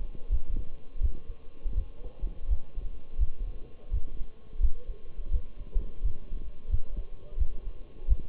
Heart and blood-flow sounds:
heart sounds by stethoscope; between the tricuspid and mitral areas; 85 bpm
0.31 s: heartbeat
1.02 s: heartbeat
1.76 s: heartbeat
2.50 s: heartbeat
3.20 s: heartbeat
3.93 s: heartbeat
4.62 s: heartbeat
5.32 s: heartbeat
6.04 s: heartbeat
6.71 s: heartbeat
7.39 s: heartbeat
8.09 s: heartbeat
From the record:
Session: Bruce protocol treadmill stress test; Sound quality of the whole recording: partially saturated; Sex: male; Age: 23 years

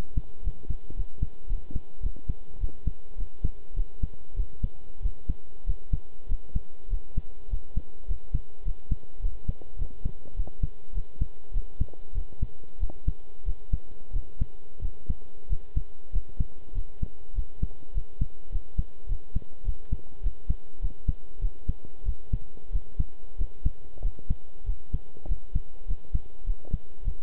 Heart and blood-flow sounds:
heart sounds by stethoscope; between the tricuspid and mitral areas; 99 bpm
0.43 s: heartbeat
0.96 s: heartbeat
1.48 s: heartbeat
2.02 s: heartbeat
2.60 s: heartbeat
3.17 s: heartbeat
3.75 s: heartbeat
4.36 s: heartbeat
5.02 s: heartbeat
5.66 s: heartbeat
6.28 s: heartbeat
6.89 s: heartbeat
7.49 s: heartbeat
8.07 s: heartbeat
8.64 s: heartbeat
9.21 s: heartbeat
9.78 s: heartbeat
10.36 s: heartbeat
10.94 s: heartbeat
11.53 s: heartbeat
12.14 s: heartbeat
12.80 s: heartbeat
13.45 s: heartbeat
14.12 s: heartbeat
14.81 s: heartbeat
15.49 s: heartbeat
16.12 s: heartbeat
16.74 s: heartbeat
17.35 s: heartbeat
17.94 s: heartbeat
18.51 s: heartbeat
19.08 s: heartbeat
19.65 s: heartbeat
20.23 s: heartbeat
20.81 s: heartbeat
21.41 s: heartbeat
22.05 s: heartbeat
22.72 s: heartbeat
23.38 s: heartbeat
24.02 s: heartbeat
24.65 s: heartbeat
25.28 s: heartbeat
25.87 s: heartbeat
26.46 s: heartbeat
27.04 s: heartbeat
From the record:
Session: pedaling a stationary bicycle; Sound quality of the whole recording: good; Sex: male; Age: 23 years

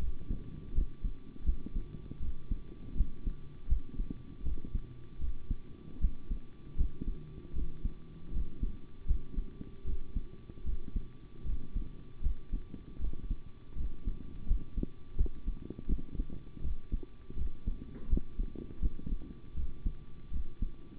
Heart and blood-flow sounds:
heart sounds by stethoscope; between the tricuspid and mitral areas; 80 bpm
0.73 s: heartbeat
1.44 s: heartbeat
2.20 s: heartbeat
2.95 s: heartbeat
3.67 s: heartbeat
4.43 s: heartbeat
5.19 s: heartbeat
5.99 s: heartbeat
6.76 s: heartbeat
7.53 s: heartbeat
8.31 s: heartbeat
9.06 s: heartbeat
9.84 s: heartbeat
10.64 s: heartbeat
11.44 s: heartbeat
12.21 s: heartbeat
12.99 s: heartbeat
13.75 s: heartbeat
14.46 s: heartbeat
15.16 s: heartbeat
15.87 s: heartbeat
16.62 s: heartbeat
17.36 s: heartbeat
18.08 s: heartbeat
18.80 s: heartbeat
19.55 s: heartbeat
20.31 s: heartbeat
From the record:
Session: rest, sitting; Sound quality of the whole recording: good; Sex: male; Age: 25 years

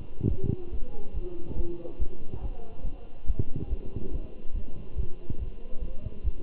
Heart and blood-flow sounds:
heart sounds by stethoscope; between the tricuspid and mitral areas; 141 bpm
0.28 s: heartbeat
0.71 s: heartbeat
1.14 s: heartbeat
1.56 s: heartbeat
1.99 s: heartbeat
2.41 s: heartbeat
2.83 s: heartbeat
3.26 s: heartbeat
3.69 s: heartbeat
4.12 s: heartbeat
4.54 s: heartbeat
4.96 s: heartbeat
5.39 s: heartbeat
5.81 s: heartbeat
6.24 s: heartbeat
From the record:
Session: Bruce protocol treadmill stress test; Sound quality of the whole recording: good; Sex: male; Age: 23 years

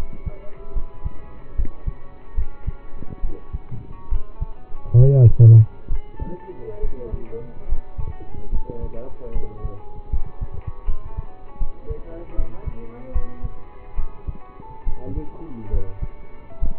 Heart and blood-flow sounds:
heart sounds by stethoscope; between the tricuspid and mitral areas; 72 bpm
0.73 s: heartbeat
1.55 s: heartbeat
2.35 s: heartbeat
3.21 s: heartbeat
4.09 s: heartbeat
4.96 s: heartbeat
5.88 s: heartbeat
6.80 s: heartbeat
7.66 s: heartbeat
8.50 s: heartbeat
9.32 s: heartbeat
10.10 s: heartbeat
10.85 s: heartbeat
11.58 s: heartbeat
12.35 s: heartbeat
13.12 s: heartbeat
13.95 s: heartbeat
14.84 s: heartbeat
15.70 s: heartbeat
16.59 s: heartbeat
From the record:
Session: rest, lying down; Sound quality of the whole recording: partially saturated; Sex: male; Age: 27 years

